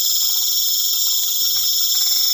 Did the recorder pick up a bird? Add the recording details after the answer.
no. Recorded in pastures near Puerto Asís, Putumayo, Colombia, on 8 March 2025 at 19:00. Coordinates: 0.487, -76.322. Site G077